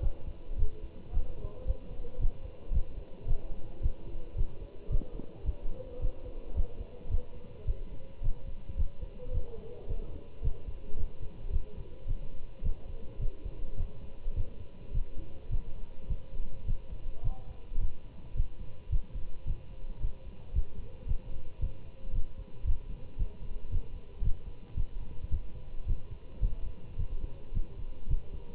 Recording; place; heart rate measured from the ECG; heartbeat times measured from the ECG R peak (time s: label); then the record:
heart sounds by stethoscope; between the tricuspid and mitral areas; 109 bpm
0.03 s: heartbeat
0.59 s: heartbeat
1.14 s: heartbeat
1.67 s: heartbeat
2.21 s: heartbeat
2.73 s: heartbeat
3.28 s: heartbeat
3.83 s: heartbeat
4.37 s: heartbeat
4.91 s: heartbeat
5.46 s: heartbeat
6.02 s: heartbeat
6.56 s: heartbeat
7.11 s: heartbeat
7.67 s: heartbeat
8.23 s: heartbeat
8.78 s: heartbeat
9.34 s: heartbeat
9.89 s: heartbeat
10.44 s: heartbeat
10.98 s: heartbeat
11.53 s: heartbeat
12.08 s: heartbeat
12.64 s: heartbeat
13.21 s: heartbeat
13.77 s: heartbeat
14.36 s: heartbeat
14.94 s: heartbeat
15.52 s: heartbeat
16.10 s: heartbeat
16.67 s: heartbeat
17.24 s: heartbeat
17.81 s: heartbeat
18.36 s: heartbeat
18.91 s: heartbeat
19.47 s: heartbeat
20.02 s: heartbeat
20.55 s: heartbeat
21.08 s: heartbeat
21.62 s: heartbeat
22.14 s: heartbeat
22.66 s: heartbeat
23.19 s: heartbeat
23.72 s: heartbeat
24.24 s: heartbeat
24.77 s: heartbeat
25.32 s: heartbeat
25.87 s: heartbeat
26.42 s: heartbeat
26.99 s: heartbeat
27.55 s: heartbeat
28.10 s: heartbeat
From the record:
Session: Bruce protocol treadmill stress test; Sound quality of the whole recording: good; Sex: male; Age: 25 years